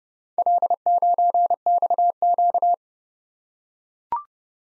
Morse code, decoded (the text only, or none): L9XQ